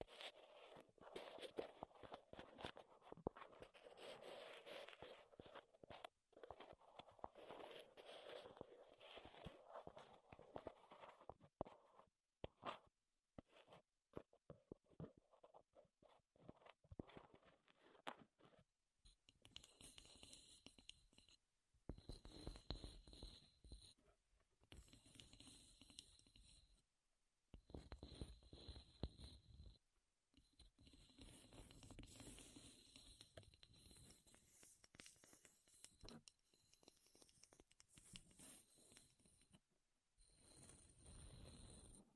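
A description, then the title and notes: Wood triggers: a dense run of quick wooden tapping and scratching fills the first twenty seconds, with rapid clicks in the middle range. After about 19 seconds the sounds turn brighter and more spaced out, with sharp crackles, brief silent gaps, and louder bursts near the end. ASMR Wood Triggers in Your Ears (No Talking).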